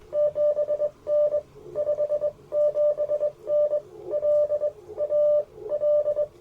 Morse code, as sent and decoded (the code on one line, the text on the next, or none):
--... -. / ..... --... -. / .-.. / .- / .-..
7N 57N L A L